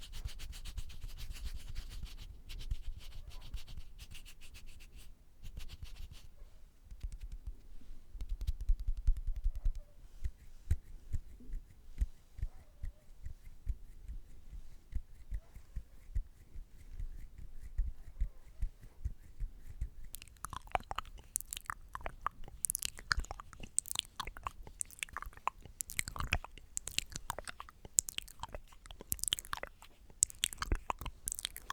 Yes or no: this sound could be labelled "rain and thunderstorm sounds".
no